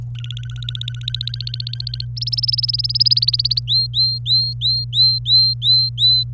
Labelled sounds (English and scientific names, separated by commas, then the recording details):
Domestic Canary (Serinus canaria) song
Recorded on 27 April 2018 at 09:18
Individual llb3